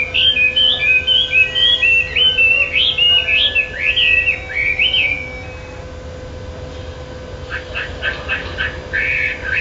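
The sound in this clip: Bird song: a quick run of clear whistled notes, each rising then dropping, for about six seconds, followed by softer rapid chattering; a steady low hum throughout.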